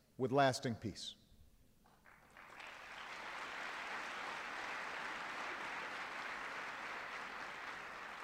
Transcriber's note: applause